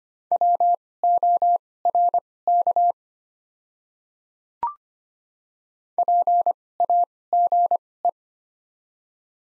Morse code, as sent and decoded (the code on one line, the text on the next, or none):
.-- --- .-. -.- / .--. .- --. .
WORK PAGE